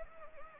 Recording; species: mosquito wingbeat signal from an infrared sensor; Anopheles gambiae